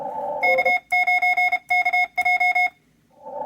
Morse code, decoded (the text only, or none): K9KJ